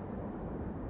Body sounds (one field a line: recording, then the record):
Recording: background sound without coughing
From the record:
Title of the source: Train Ride Ambience ambient white noise for sleeping, focus, studying, reading